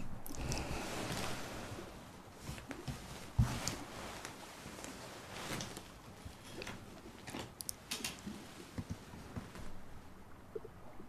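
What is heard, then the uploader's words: Wet mouth sounds of chewing and biting, with soft clicks and crunches throughout, a sharp snap near three seconds, fading quieter after eight. Mouth Sounds & Breathing.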